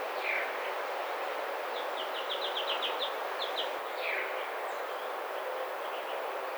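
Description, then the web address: Baltimore oriole calls: a clear whistled note, then a fast, dry chatter, then another whistle, over steady background hiss. Recorded 29 May 2009. "Baltimore Oriole 2009 05 29 Baltimore Oriole"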